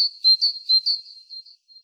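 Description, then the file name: Great tit calls: a short series of high, thin notes at a nearly steady pitch, four louder pulses followed by fading, softer ones. "Parus major"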